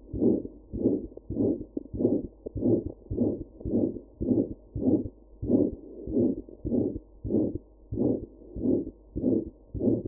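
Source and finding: Heart by stethoscope. Heart murmur.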